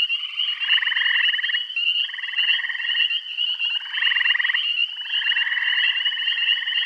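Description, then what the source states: Frogs trilling together, rapid pulsed calls of about a second repeated with short gaps, backed by a constant high-pitched drone. Bath County.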